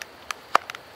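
A Wolfe Customs Razorback fixed-blade knife is pushed into its sheath, with the sheath's strong retention holding it. Faint ticks at 0.0 s and 0.3 s lead up to a loud, sharp snap at 0.6 s, followed by smaller ticks at 0.7 s and 0.8 s. The blade pops into place and is seated.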